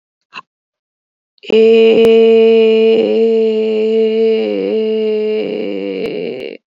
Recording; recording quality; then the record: sustained vowel as in made; excellent, no background noise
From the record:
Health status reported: COVID-19 positive, mild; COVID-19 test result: positive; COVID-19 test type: RT-PCR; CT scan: not taken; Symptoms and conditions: cold, sore throat, muscle pain, hypertension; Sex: female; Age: 52 years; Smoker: no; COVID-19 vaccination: both doses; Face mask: not worn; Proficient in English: yes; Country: India